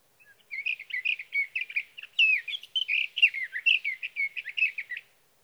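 Sage thrasher song, a long run of rapid warbled and slurred notes.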